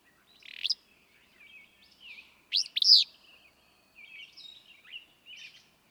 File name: Willow Flycatcher